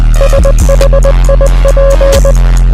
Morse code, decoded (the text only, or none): SHIP